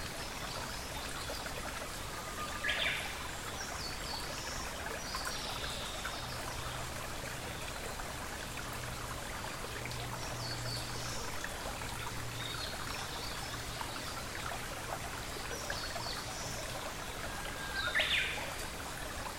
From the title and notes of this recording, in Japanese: 森の音。TASCAM DR-44WL wav 24bit 48khz。